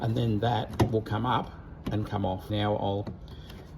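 On a 2014–2016 BMW, the washer fluid reservoir is lifted for headlight access after its plastic tab is pressed in with a screwdriver to release it from the small white square mounting slot in the body. Someone talks throughout, with a faint short knock near 3.5 s. The tab has not yet clipped back into the slot; nothing has seated or clicked yet.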